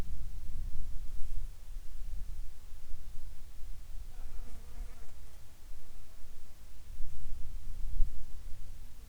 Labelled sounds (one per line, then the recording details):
wind
insects
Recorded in the Arctic National Wildlife Refuge, Alaska, on 7 July 2019 at 18:52
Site 41